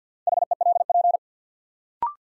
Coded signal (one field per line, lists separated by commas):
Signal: Morse code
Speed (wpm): 48 wpm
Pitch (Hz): 700 Hz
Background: none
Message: HELP